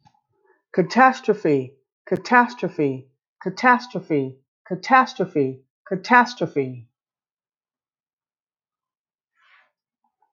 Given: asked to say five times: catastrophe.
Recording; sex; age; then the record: repeated word; female; 50 to 59 years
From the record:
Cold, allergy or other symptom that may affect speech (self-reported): no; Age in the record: 57 years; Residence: California, United States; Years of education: 14